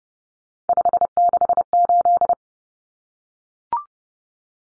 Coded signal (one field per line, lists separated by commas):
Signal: Morse code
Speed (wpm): 30 wpm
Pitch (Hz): 700 Hz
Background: none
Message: 568